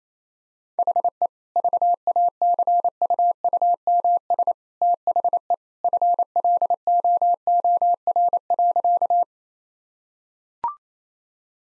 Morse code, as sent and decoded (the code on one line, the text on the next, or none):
.... . / ...- .- -.-. ..- ..- -- ... / - .... . / ..-. .-.. --- --- .-. .-.-.-
HE VACUUMS THE FLOOR.